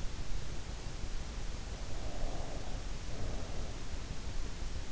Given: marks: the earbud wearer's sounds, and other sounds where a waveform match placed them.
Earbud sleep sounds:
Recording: sounds in sleep by an in-ear microphone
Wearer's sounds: breath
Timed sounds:
2.13-3.63 s: breath

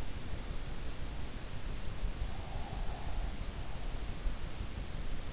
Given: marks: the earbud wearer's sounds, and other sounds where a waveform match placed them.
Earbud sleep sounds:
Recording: sounds in sleep by an in-ear microphone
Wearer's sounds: breath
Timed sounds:
2.22-3.18 s: breath

